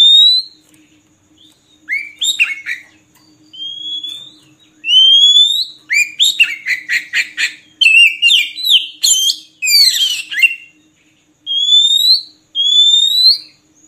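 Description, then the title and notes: Oriental magpie-robin song: clear rising whistles alternating with rapid stuttering notes and scratchy chatter, then more slurred rising whistles. Long-duration magpie-robin filler (isian) song, played to train birds to sing actively (gacor) day and night. "Kacer Jadi Gacor Siang Malam. Isian Kacer Durasi Panjang"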